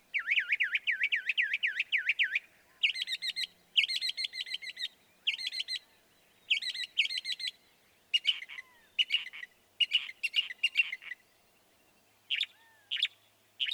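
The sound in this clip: Northern mockingbird song: a run of fast rising-falling whistled notes, then blocks of harsh buzzy phrases, each type repeated several times before switching, with short gaps between.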